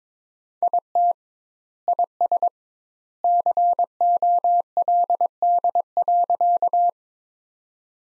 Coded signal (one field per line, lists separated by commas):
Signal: Morse code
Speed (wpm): 22 wpm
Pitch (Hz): 700 Hz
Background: none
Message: IT IS COLD.